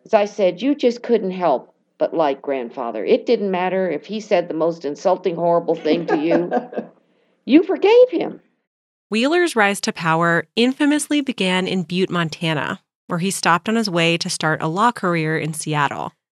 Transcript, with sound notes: As I said, you just couldn't help but like grandfather, it didn't matter if he said the most insulting, horrible thing to you. [someone laughs] You forgave him.
Wheeler's rise to power infamously began in Butte, Montana, where he stopped on his way to start a law career in Seattle.